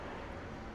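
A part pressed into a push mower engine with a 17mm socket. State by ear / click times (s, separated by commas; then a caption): not seated / none. A part is being pressed down into a Craftsman push mower engine with a 17mm socket. Only steady, broadband wind-like noise is heard, with no distinct hits. Nothing has clicked or seated yet.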